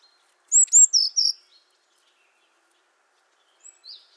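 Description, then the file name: Eurasian blue tit: two piercing high notes then two slightly lower ones in a short burst, followed by a couple of faint, brief high notes. "Cyanistes caeruleus"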